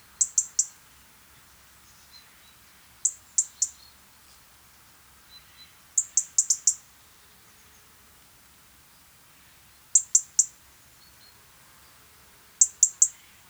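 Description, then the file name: European robin giving sharp, very high ticking calls in quick bursts of three or four, bursts spaced a few seconds apart over a quiet background. "Erithacus rubecula"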